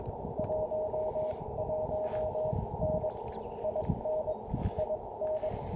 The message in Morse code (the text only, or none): 11N IN IN